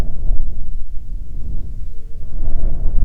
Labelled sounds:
wind
insects
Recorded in the Prudhoe Bay oil fields, Alaska, on 9 June 2019 at 17:16
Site 21

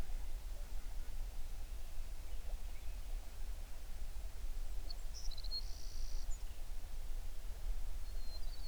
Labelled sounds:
songbird
helicopter
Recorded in the Prudhoe Bay oil fields, Alaska, on 11 June 2019 at 05:29
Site 21

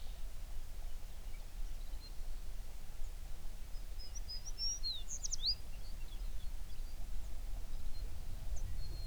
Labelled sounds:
songbird
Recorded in the Prudhoe Bay oil fields, Alaska, on 11 June 2019 at 05:17
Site 21

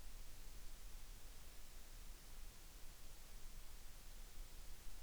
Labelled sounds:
near silence
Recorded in the Arctic National Wildlife Refuge, Alaska, on 3 August 2019
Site 33

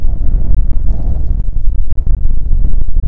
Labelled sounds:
wind
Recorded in the Prudhoe Bay oil fields, Alaska, on 6 June 2019 at 03:55
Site 16

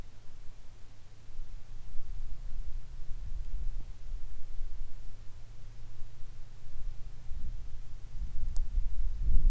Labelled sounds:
wind
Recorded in the Arctic National Wildlife Refuge, Alaska, on 22 July 2019 at 15:45
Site 41

